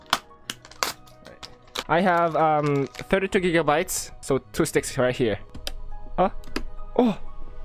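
A RAM memory stick is handled at a motherboard DIMM slot, with sharp taps and knocks in the first second and a half while someone talks over faint background music. Nothing has seated or clicked into the slot yet.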